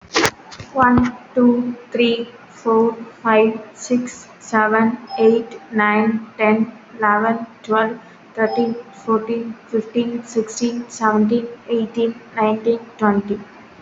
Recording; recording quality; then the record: counting at a normal pace; excellent, no background noise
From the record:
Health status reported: healthy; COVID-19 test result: negative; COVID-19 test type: RT-PCR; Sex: female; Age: 23 years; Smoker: no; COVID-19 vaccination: one dose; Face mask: worn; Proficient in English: yes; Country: India